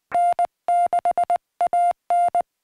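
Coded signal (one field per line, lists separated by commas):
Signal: Morse code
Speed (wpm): 20 wpm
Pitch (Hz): 700 Hz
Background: music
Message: N6AN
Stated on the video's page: CW contacts during a Summits on the Air activation on a summit, worked with ham radio.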